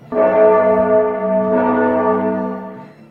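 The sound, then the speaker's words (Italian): A time-signal bell chime marking exactly 3:49 p.m. Eastern time rings out alone, a bright tone rich in overtones that swells again midway and then slowly fades over about three seconds. “Quando sentirete il rintocco saranno esattamente le 3:49 pomeridiane, ora media della costa orientale.”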